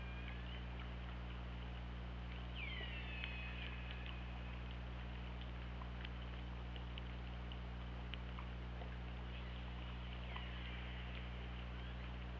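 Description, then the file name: Killer whale calls: a falling, harmonic-rich cry around three seconds and another sweeping call near ten seconds, with continuous hiss and a deep steady hum beneath. Recorded on the OrcaLab hydrophone, 24 August 2017 at 20:58. "Orca Lab UTLN JASON 20170824 205808"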